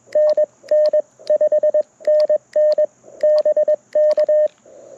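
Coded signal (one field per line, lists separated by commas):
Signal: Morse code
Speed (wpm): 21 wpm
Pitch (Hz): 1800 Hz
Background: radio noise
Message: NN 5NN BK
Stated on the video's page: QRP CW Parks on the Air activation at sunrise using a Mountain Topper MTR4B V2, Chelegance MC-750 antenna and BaMaKeY TP-III paddles.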